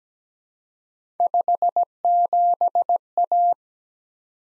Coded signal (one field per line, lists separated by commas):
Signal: Morse code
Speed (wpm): 17 wpm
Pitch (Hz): 700 Hz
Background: none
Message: 57A